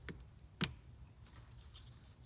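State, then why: Seated. A replacement headlight bulb is pushed into its socket in the headlight housing of a 2011 Honda Pilot. After a faint tick at 0.1 s, a sharp click at 0.6 s marks the bulb seating home, followed by a quiet low hum.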